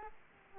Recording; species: mosquito wingbeat signal from an infrared sensor; Aedes aegypti